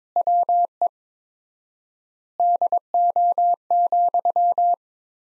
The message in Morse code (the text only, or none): WE DO,